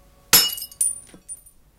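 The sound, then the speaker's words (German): A glass shatters with one sharp, bright crash and high ringing tones, followed by a few lighter clinks of pieces settling over the next second. No voices. “Hier ist ein Glas.”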